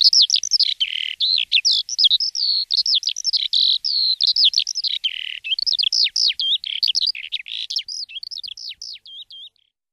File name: Skowronek polny